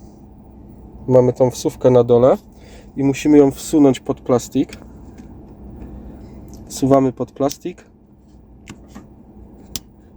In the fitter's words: et écoute le clic